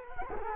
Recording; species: mosquito wingbeat signal from an infrared sensor; Culex quinquefasciatus